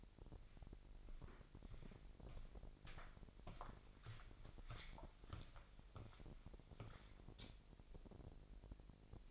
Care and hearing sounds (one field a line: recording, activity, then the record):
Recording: daily activity, microphone in the room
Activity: walk to room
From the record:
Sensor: 5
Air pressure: 1002.1 hPa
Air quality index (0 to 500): 250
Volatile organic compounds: 7 ppm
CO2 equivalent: 2041 ppm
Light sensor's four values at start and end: 29/69/28/30 and 31/70/29/31